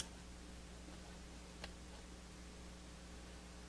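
A circuit board is handled at the slot of an arcade card cage, lined up with its edge connector, over a steady low hum. Only a few faint, brief ticks are heard, near 0.0, 1.6 and 3.7 seconds. The board has not seated or clicked into the slot yet.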